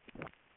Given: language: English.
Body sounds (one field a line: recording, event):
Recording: throat vibration sensor signal played as sound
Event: swallow